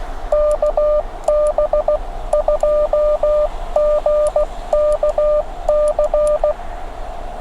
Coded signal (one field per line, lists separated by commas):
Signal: Morse code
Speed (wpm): 16 wpm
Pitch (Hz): 600 Hz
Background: none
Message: KB2GKC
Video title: Extreme Weather Radio! 5°F POTA Activation